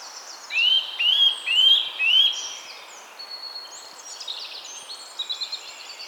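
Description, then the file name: Eurasian nuthatch giving four bright, rising whistled notes in quick even succession, followed by softer varied chirps and trills. "Sitta europaea"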